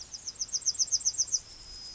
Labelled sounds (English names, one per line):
Yellowhammer song